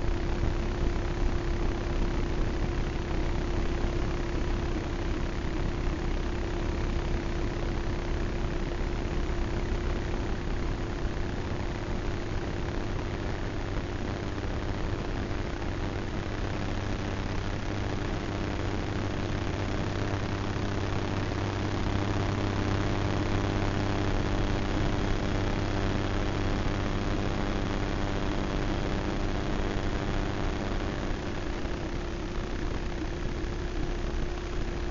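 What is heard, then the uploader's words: Invisible electromagnetic frequencies rendered as sound: a dense, unbroken hum and hiss that holds steady for the whole stretch. A clear tone sits in the lower middle, with fainter buzzing lines below it, and the low rumble resembles an idling engine. 34 SONIC SKETCHBOOKS - SOMA ETHER. Vlad designed it for hearing the invisible electromagnetic frequencies that surround us. Ether is a handheld object, a little black box, that contains a magnetic antenna and an integrated electronic antenna.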